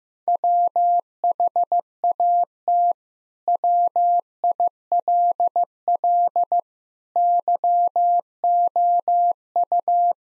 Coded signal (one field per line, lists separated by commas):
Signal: Morse code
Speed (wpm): 15 wpm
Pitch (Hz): 700 Hz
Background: none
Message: WHAT WILL YOU